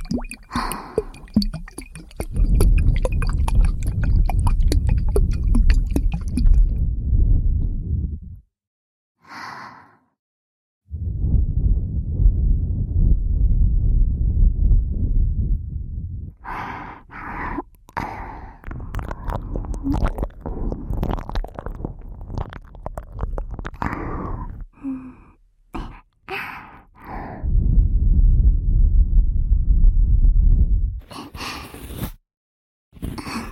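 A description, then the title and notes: Ear licking and ear cleaning sounds: long stretches of dense, low, rumbling rubbing with wet clicks and smacks scattered through. Sharp crackles and moist pops break in repeatedly after about 16 seconds, and brief silences fall near 9 and 32 seconds. ASMR Ear Licking Ear Cleaning.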